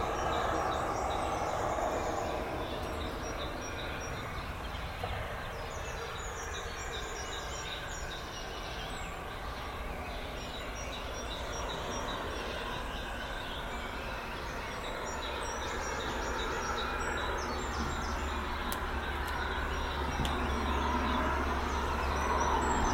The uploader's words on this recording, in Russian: 3D саундскейп передаёт атмосферу майского утра г. Звуки природы гармонично переплетены с движением цивилизации. Атмосферу майского утра г. Сочи.